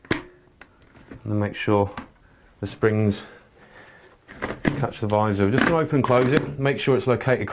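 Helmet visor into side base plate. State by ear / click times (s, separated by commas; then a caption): seated / 0.1 s. A Scorpion EXO1000 helmet visor is slid back into place on the base plate on the second side of the helmet after its front lug is located first. One loud, short snap at 0.1 s shows the visor seating home, followed by a few faint clicks. Someone then talks while the visor is opened and closed to check that the springs catch it.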